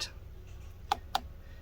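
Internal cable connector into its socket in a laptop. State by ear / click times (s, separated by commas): seated / 0.9 s, 1.2 s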